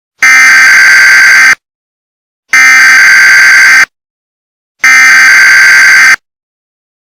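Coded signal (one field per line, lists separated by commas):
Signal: Emergency Alert System (SAME) tones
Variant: header bursts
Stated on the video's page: Fictional EAS scenario, simulated alert with borrowed sound effects and music.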